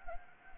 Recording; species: mosquito wingbeat signal from an infrared sensor; Anopheles gambiae